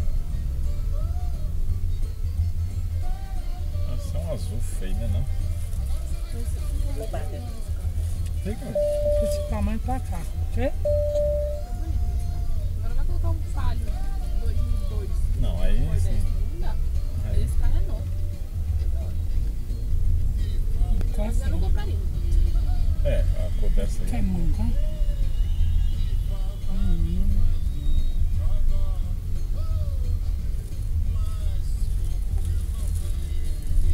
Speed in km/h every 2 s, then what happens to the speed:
11, 9, 8, 9, 10, 10, 13, 14, 12, 18, 23, 22, 20, 18, 15, 14, 13.
0-5 steady at about 9. 5-13 speeds up to 14. 16-20 speeds up to 23. 20-34 slows to 13.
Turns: none.